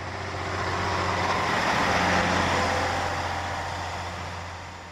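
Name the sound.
trucks driving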